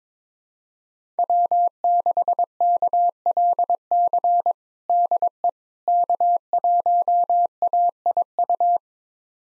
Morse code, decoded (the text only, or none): W6KLC DE K1AIU